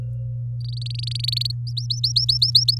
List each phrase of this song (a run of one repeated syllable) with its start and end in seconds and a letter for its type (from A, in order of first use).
0.61-1.52 A, 1.67-2.78 B